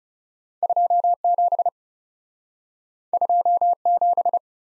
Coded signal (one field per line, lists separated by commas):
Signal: Morse code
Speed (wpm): 37 wpm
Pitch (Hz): 700 Hz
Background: none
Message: 2 7 2 7